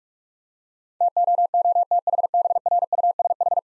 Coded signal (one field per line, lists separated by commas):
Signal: Morse code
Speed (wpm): 46 wpm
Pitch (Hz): 700 Hz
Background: none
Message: TOOTHBRUSH